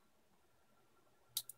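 A printed plastic twist-lock clamp is twisted and tightened down on a handrail, with a sharp snap at 1.4 s followed by a fainter click at 1.5 s. The clamp is seated, tightened home and nice and tight.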